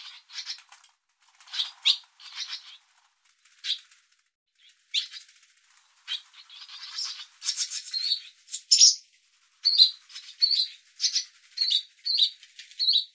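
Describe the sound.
Barn swallow chatter of scratchy chirps and squeaky notes, building into a steady series of clipped, bright chirps about two a second near the end.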